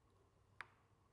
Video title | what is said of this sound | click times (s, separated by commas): INTENSE Tazer S Alloy eBike Unboxing | once we hear that that click we know that cable has been successfully installed | 0.6 s